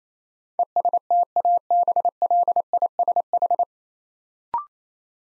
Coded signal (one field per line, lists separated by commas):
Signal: Morse code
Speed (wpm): 28 wpm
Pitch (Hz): 700 Hz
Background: none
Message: ESTABLISH